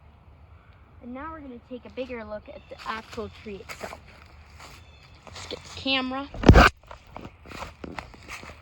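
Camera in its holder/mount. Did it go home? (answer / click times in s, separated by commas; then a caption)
released / 8.0 s. A camera is taken out of its holder outdoors while someone talks and footsteps sound nearby. It releases with a sharp, satisfying click at 8.0 s.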